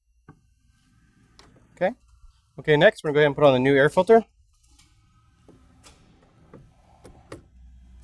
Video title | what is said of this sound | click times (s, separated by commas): Flowmaster Installation - 866-591-5820 - Delta Force Performance Air Intake 2009-2014 GM 1500 | Now you want to push it until you hear it click. | 1.4 s